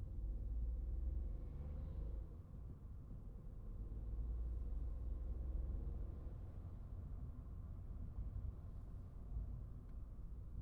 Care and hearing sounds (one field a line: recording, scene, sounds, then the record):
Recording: everyday scene through a hearing-aid microphone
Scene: in a vehicle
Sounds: engine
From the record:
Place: Skoda Fabia, gasoline engine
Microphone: behind the ear, right, front